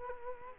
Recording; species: mosquito wingbeat signal from an infrared sensor; Culex quinquefasciatus